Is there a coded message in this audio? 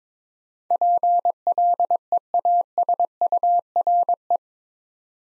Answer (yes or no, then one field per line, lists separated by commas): yes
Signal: Morse code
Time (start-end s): 0.7-4.4 s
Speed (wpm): 22 wpm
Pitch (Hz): 700 Hz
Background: none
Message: PLEASURE